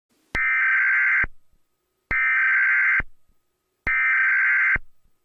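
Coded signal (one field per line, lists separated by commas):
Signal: Emergency Alert System (SAME) tones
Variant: header bursts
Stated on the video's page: Fictional EAS scenario about a continental storm.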